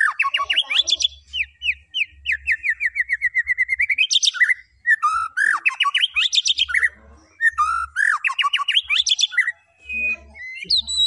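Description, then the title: White-rumped shama song with a long run of evenly repeated whistled notes set between loud rising flourishes and scratchy trills. Lure recording used to make the bird respond. "PANCINGAN MURAI BATU GACOR LANGSUNG RESPON"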